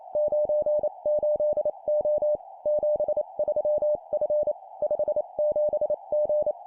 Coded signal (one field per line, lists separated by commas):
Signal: Morse code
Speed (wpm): 28 wpm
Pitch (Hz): 600 Hz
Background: none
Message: 98O 73F 57G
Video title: 25wpm Three letter words number,number,letter, improve cw morse code copy speed